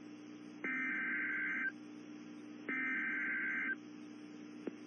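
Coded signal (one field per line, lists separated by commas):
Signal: Emergency Alert System (SAME) tones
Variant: header bursts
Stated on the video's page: NOAA weather radio WXJ88 severe thunderstorm and tornado warnings for Menomonie, Wisconsin.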